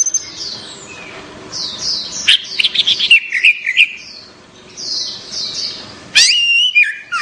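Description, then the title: Orange-headed thrush song, a run of varied high phrases and quick chirps, with a louder burst of notes near the end. "Anis Merah"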